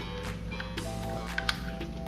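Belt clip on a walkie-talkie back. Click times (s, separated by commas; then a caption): 1.4 s, 1.5 s. The included plastic belt clip is pushed onto the back of a walkie-talkie radio over steady background music. Two sharp clicks at 1.4 s and 1.5 s mark the clip locking into place, fully seated.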